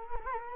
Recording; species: mosquito wingbeat signal from an infrared sensor; Culex quinquefasciatus